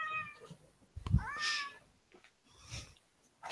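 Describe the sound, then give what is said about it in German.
A cat meows twice, a short drawn-out cry followed by a louder, rising-and-falling meow, with a soft thump between them and quiet background noise. “Ich finde es übrigens schön, dass wir auch unsere eigene Streamkatze haben.”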